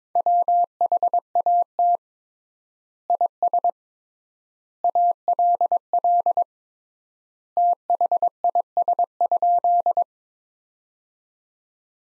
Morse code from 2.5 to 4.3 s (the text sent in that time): IS